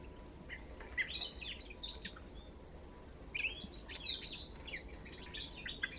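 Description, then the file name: European goldfinch calls: a few scattered chirps, a short quiet gap, then a second burst of rapid tinkling twitters. "Carduelis carduelis"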